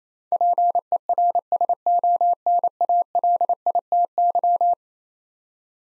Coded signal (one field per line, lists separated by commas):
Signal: Morse code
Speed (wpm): 28 wpm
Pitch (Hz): 700 Hz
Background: none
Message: PERSONALITY